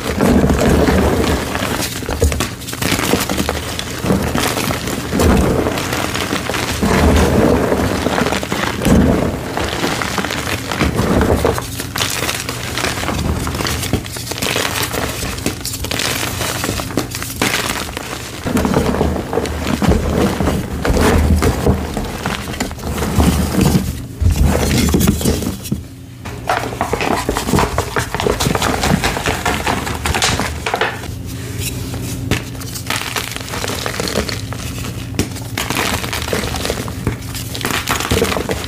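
Gym chalk blocks are crushed and worked into a paste, with a steady, dense stream of gritty crunching, scraping and crumbling that barely lets up. Sharper cracks and crinkles pop out irregularly, with brief pauses near 26 and 31 seconds, over a low steady hum.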